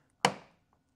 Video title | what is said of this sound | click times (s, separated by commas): Mazda 3 Mudflaps! | kind of like snap in place kind of like that | 0.2 s